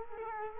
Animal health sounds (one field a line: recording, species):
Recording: mosquito wingbeat signal from an infrared sensor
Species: Culex quinquefasciatus